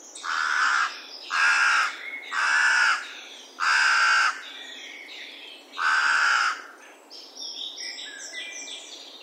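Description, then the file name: Carrion crow giving five loud, harsh caws at uneven intervals, with faint small-bird chirps at the end. "Corvus corone"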